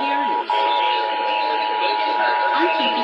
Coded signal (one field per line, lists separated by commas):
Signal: Emergency Alert System (SAME) tones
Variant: 853 and 960 Hz attention tone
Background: speech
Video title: Los Angeles Required Monthly Tests (EAS #1287-1318) 8/27/19